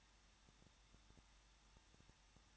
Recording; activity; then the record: daily activity, microphone in the room; no activity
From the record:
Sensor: 3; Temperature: 21.3 degrees Celsius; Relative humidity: 36.2%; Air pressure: 1006.5 hPa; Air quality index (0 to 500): 220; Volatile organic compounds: 39 ppm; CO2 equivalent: 3132 ppm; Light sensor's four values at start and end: 2/3/2/2 and 2/3/2/2